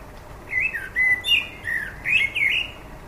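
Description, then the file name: Common blackbird singing a continuous run of rich, fluty warbled notes, swooping up and down, with thin squeaky accents between phrases. "Turdus merula"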